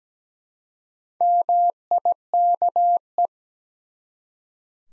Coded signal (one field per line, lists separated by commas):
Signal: Morse code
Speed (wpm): 17 wpm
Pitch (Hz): 700 Hz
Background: none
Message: MIKE